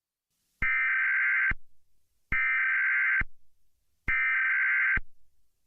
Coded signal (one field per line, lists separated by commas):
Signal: Emergency Alert System (SAME) tones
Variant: header bursts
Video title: EAS scenario | The Attack (PT. 1) | READ DESC.